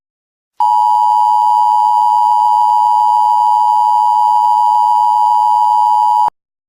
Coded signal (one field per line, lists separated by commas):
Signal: Emergency Alert System (SAME) tones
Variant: 853 and 960 Hz attention tone